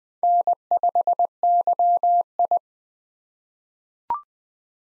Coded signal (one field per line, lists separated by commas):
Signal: Morse code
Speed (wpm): 20 wpm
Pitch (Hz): 700 Hz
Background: none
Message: N5YI